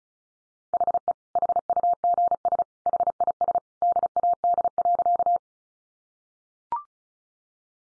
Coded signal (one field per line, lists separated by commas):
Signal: Morse code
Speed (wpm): 34 wpm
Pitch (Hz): 700 Hz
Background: none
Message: HE HUGS HIS DAD.